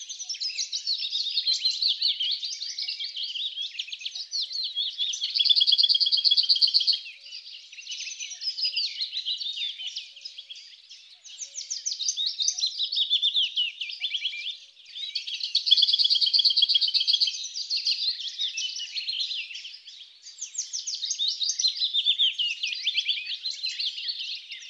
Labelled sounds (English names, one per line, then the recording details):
Lesser Whitethroat song
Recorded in the wild
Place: Waltershofen / Freiburg im Breisgau, Baden-Württemberg, DE
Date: 2009-05-11
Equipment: MiniDisc Sharp MT 20 H
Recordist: Schwarz, Dieter